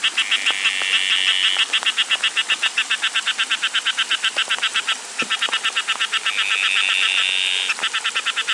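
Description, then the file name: Green-thighed frog call: a long run of rapid rattling pulses, briefly broken and resumed, with stretches of steady high buzzing at times. "litoria brevipalmata"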